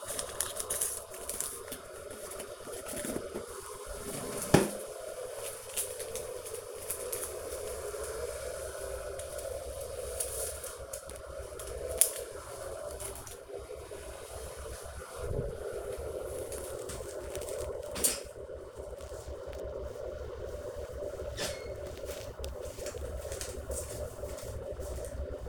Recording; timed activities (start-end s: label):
household activities, microphone on the right wrist
0.00-25.49 s: making tea